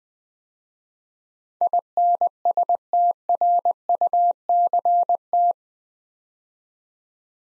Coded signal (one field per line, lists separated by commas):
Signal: Morse code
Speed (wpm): 20 wpm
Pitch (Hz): 700 Hz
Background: none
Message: INSTRUCT